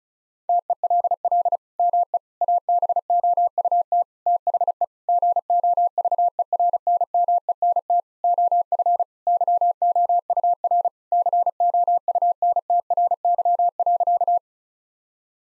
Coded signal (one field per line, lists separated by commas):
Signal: Morse code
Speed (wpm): 36 wpm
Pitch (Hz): 700 Hz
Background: none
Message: TELL ME ABOUT THE GOVERNMENT OF YOUR COUNTRY.